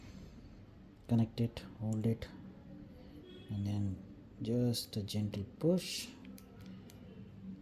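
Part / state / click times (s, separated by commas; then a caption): watch band into smartwatch case lug / seated / 6.4 s, 6.9 s. A watch band is connected to a smartwatch case, held, and gently pushed into the case lug while someone talks. It clicks at 6.4 s and 6.9 s, and the strap is seated in the lug.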